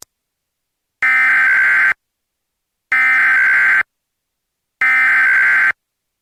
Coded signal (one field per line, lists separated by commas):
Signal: Emergency Alert System (SAME) tones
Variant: header bursts